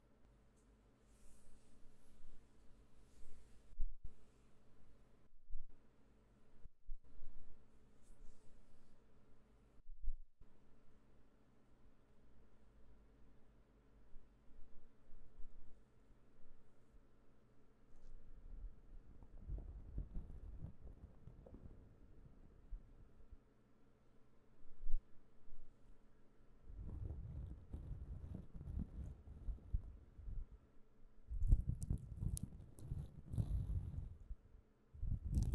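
Quiet hand and brushing sounds, soft rustles and strokes coming in uneven bursts. The first half is sparse with brief pauses; denser, fuller brushing swells around twenty seconds and again from about twenty-seven seconds on.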